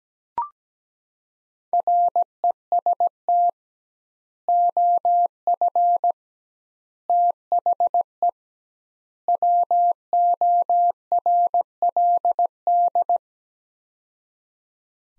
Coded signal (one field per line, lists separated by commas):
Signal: Morse code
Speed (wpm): 17 wpm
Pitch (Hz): 700 Hz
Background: none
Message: REST OF THE WORLD